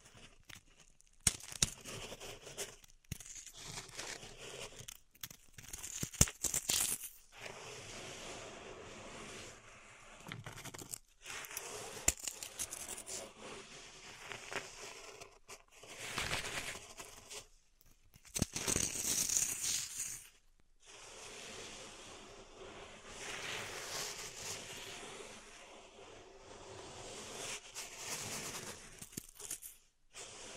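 Pink salt being raked and swirled in a zen garden, with bright, grainy scraping in uneven bursts broken by short silences and occasional clicks.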